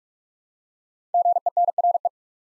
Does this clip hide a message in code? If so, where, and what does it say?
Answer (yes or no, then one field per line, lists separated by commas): yes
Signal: Morse code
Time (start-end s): 1.1-2.1 s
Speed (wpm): 44 wpm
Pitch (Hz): 700 Hz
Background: none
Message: GENRE